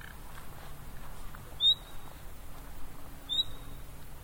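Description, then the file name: Common nightingale giving two separate thin whistled call notes, each a sharp high onset settling into a steady tone, under low rumbling background noise. "Luscinia megarhynchos"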